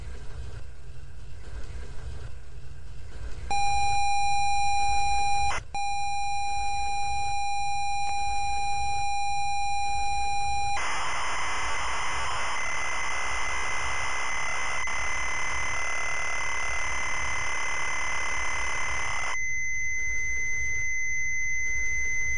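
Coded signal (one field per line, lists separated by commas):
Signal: ZX Spectrum tape loading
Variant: Sinclair ZX Spectrum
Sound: steady buzzing lead tone, short click, lead tone again, then harsh screeching data noise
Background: tape hiss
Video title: SINCLAIR ZX SPECTRUM # BANGERS & MASH (ALTERNATIVE SOFTWARE , 1992.) # 22.590 PTS. + TAPE LOADING #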